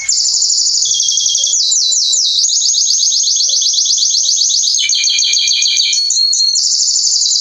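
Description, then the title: Belgian canary song, nonstop high trills with quick pitch changes, some phrases dropping and rising, dense and unbroken throughout. Male Belgian canary singing a lot; recording meant to warm up young canaries within 30 minutes. "Esquente Seu Filhote E Canario Belga Em 30 Minutos Macho Cantando Muito. Esquente seu canrio belga em 30 minutos - Canrio Pastinha cantando"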